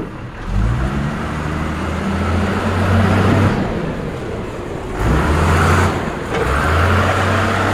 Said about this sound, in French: Donc on se gare avec le cul du camion près du hangar d'où vont sortir les matériaux.